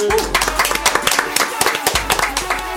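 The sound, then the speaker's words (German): Steady applause from a small group for a ball trick in which a ball rolls onto a performer's head and stays balanced there, with rapid, overlapping hand claps at an even rhythm for a few seconds, fairly loud over a low background hum. “Kann ich Applaus!”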